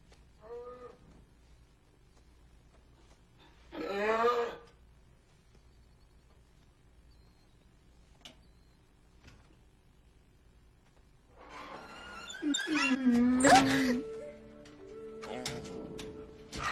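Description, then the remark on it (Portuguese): A female polar bear cub in Alaska cries in plaintive, moaning bursts: a brief wail early on, then a longer stretch of wavering, strained bawls that rise and fall in pitch before fading. “É um filhote de urso polar.”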